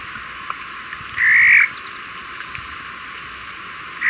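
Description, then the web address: Highland elaenia giving a burry, buzzy note lasting about half a second over a steady background hiss, with another note beginning at the end. Recorded in Ecuador. "Natures Songs S America Birds of Ecuador 2 Highland Elaenia"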